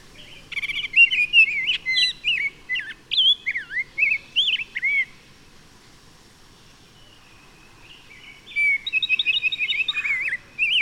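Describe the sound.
Bird song: a five-second phrase of varied whistles and sharp chirps, a quiet stretch, then a fast run of repeated notes.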